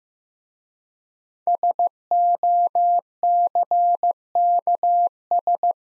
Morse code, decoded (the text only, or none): SOCKS